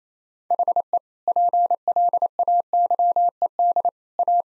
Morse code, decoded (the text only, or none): HE PLAYED A